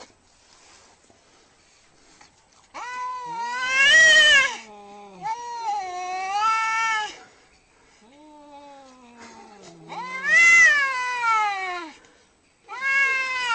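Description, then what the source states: Domestic cat yowling angrily in long, harsh, wavering cries that rise and fall, repeated several times with short quiet gaps between them. Angry-sounding cat.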